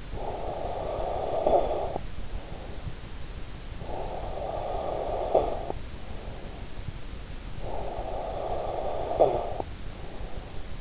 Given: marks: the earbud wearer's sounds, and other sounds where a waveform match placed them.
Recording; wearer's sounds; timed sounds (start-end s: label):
sounds in sleep by an in-ear microphone; snoring breath
0.00-3.02 s: snoring breath
3.53-6.82 s: snoring breath
7.33-10.81 s: snoring breath